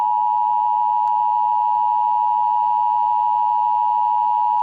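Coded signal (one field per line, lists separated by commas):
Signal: Emergency Alert System (SAME) tones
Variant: 853 and 960 Hz attention tone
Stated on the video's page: Homemade EAS alert test.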